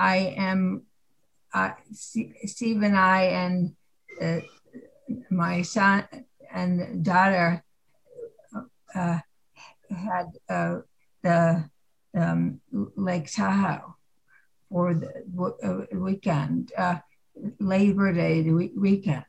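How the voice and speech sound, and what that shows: Adult woman speaking with expressive aphasia, present since two strokes about 10.5 years earlier, caused by an arterial dissection. Words come out with difficulty, in short effortful phrases separated by long pauses.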